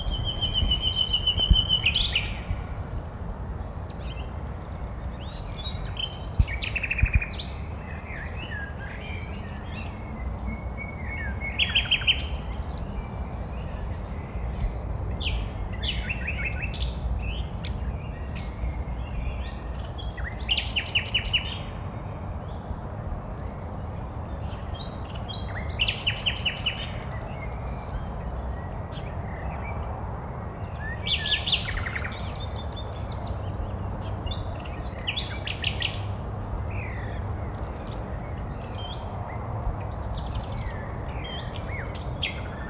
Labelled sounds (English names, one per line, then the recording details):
Common Nightingale song
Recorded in the wild
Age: adult
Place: Malchower Aue, Berlin, DE
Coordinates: 52.5808, 13.4886
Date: 1990-04-20 20:35
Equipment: Riporter 6 RG-K, Halbspur, Sennheiser MKH 416 T
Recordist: Frommolt, Karl-Heinz